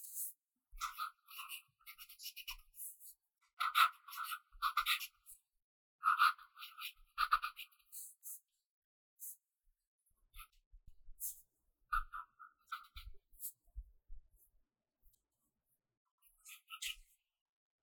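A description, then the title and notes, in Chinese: A pencil writes in short, scratchy bursts, each stroke a quick bright rasp with a faint tap beneath. Strokes cluster in busy runs during the first eight seconds and around twelve seconds, separated by silent pauses, then thin out toward the end. 寫字聊天 | 書寫聲 | Pencil Writing Sound for Relax | No Talking。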